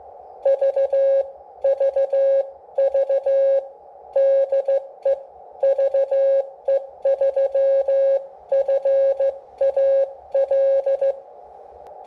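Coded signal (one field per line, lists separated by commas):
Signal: Morse code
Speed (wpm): 15 wpm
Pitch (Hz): 550 Hz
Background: none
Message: VVV DE VE3FAL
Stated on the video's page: CW transmit demo from a Xiegu G106.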